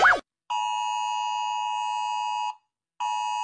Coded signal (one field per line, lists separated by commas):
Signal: Emergency Alert System (SAME) tones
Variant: 853 and 960 Hz attention tone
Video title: Rating EAS alarms (By how much they scare me)